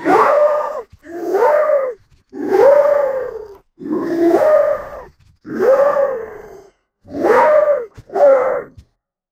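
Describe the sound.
Wolf giving rough, whining yelps in about seven bursts, each rising then falling in pitch, separated by short silences.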